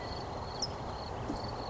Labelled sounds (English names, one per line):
California Towhee